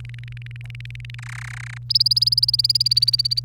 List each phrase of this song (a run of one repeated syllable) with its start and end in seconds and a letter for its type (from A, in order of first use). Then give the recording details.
0.00-1.15 A, 1.19-1.78 B, 1.90-3.40 C. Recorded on 29 April 2018 at 11:29. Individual llb3